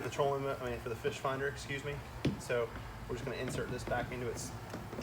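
A removable plastic storage insert on a Hobie PA 14 fishing kayak is handled before being pushed back into its hole in the hull, after the fishfinder cables have been run. Someone talks throughout, with a brief knock near 2.3 seconds. Nothing has seated or clicked yet.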